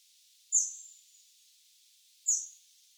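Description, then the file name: Eurasian wren giving two separate sharp, high call notes about two seconds apart, each with a brief trailing buzz. "Troglodytes troglodytes"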